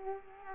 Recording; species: mosquito wingbeat signal from an infrared sensor; Culex quinquefasciatus